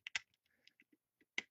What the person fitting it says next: this has a really nice click it stays in there really tight